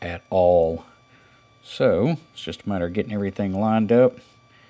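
Someone talks while lining up the plastic back housing of an FT60 handheld radio onto the radio chassis, taking care with the rubber gasket that runs around the lid. Only speech and faint handling are heard; the housing has not been pushed home, and nothing has seated or clicked yet.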